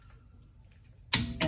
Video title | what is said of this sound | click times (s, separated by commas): Perrin 20mm spacer install on the 2018 Subaru STi type RA and the WINNER of the trackHERO giveaway! | you hear the click stop and do that star pattern again | 1.1 s, 1.4 s